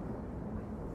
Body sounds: background sound without coughing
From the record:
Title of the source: Train Ride Ambience ambient white noise for sleeping, focus, studying, reading

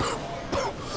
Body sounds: coughing mixed with background sound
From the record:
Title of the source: Coughing 79

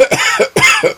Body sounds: coughing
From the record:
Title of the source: Dry Afternoon Cough

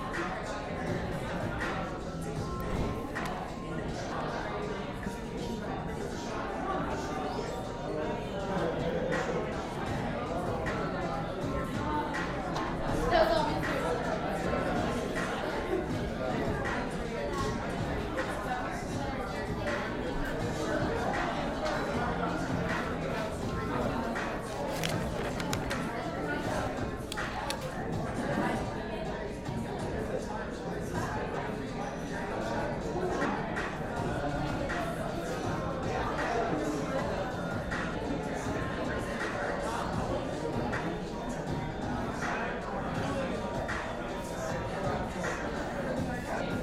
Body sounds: background sound without coughing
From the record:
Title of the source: 60 minutes of coffee shop sounds for study and concentration

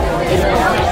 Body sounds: background sound without coughing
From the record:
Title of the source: Nightlife Party Simulating Party Club Noise 1 Hour

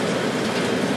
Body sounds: background sound without coughing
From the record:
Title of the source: Office Sounds Ambience - Background Noise for Study and Work

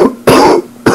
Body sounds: coughing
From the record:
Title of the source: Coughing 77

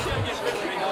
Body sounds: coughing mixed with background sound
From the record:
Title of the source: 61 morning phlegmy cough...again

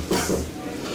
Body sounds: coughing mixed with background sound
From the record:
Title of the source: Residual Phlegmy Morning Coughing and Gagging

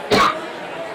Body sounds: coughing mixed with background sound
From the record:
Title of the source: Barking cough - # 10

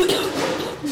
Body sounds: coughing mixed with background sound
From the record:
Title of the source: 30 Chesty and wet cough

